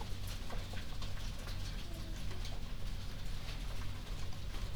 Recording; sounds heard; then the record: poultry house recording; healthy chickens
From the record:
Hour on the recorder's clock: 22